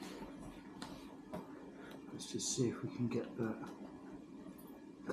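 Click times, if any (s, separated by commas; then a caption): 5.1 s. During an ASUS GA503QM laptop screen replacement, the replacement screen's display ribbon cable connector is pushed into its socket on the new laptop panel while someone talks. A few brief handling taps sound along the way, and the connector clicks into place at 5.1 s, fully seated.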